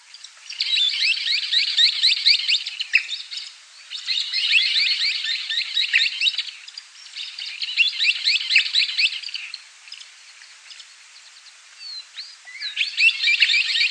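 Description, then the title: Scimitar-billed woodcreeper calling in repeated bursts of fast, shrill, descending chattered notes, each lasting about two seconds, with quieter gaps between them. "LuckyPassaro Completos2Sama. Scimitar-billed Woodcreeper (Drymornis bridgesii)"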